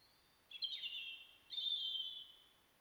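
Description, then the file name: European robin song: two high, sweet warbled phrases, each starting with quick tumbling notes and drawing out into a long thin trill, against low hiss. "Erithacus rubecula"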